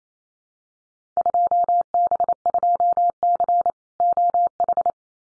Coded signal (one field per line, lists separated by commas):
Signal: Morse code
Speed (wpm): 28 wpm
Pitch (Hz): 700 Hz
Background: none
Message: 2B2C OH